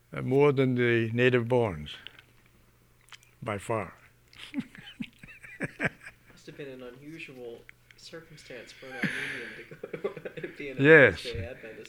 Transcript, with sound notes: more than the native borns by far. (he laughs)
It must have been an unusual circumstance for an Armenian to go to, (he laughs) to be in a First day Adventist church.